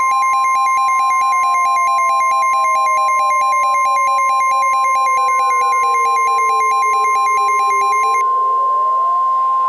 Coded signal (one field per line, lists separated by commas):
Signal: Emergency Alert System (SAME) tones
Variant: 1050 Hz attention tone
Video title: Gone Wild II (EAS SHORT)